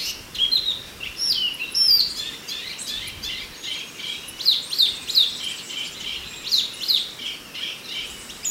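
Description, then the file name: Chinese hwamei singing varied whistled phrases of quick notes, broken by brief pauses. "suara alam hwamei mini"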